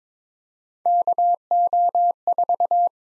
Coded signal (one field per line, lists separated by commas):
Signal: Morse code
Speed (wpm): 22 wpm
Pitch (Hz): 700 Hz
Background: none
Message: KO4